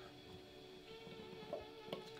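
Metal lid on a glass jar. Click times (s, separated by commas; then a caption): 1.9 s. A metal lid is screwed tight onto a glass jar, probably of plum jam (silvoiță), in a kitchen while music plays underneath. A soft tap comes at 1.5 seconds, then a sharp click at 1.9 seconds as the lid seals, and the lid is seated.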